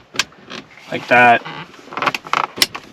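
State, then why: Seated. A second plastic air vent is pushed straight into the clips of a Lexus SC430 dashboard while someone talks. Sharp clicks sound at about 2.4 s and 2.6 s as the vent snaps into place, and it is seated.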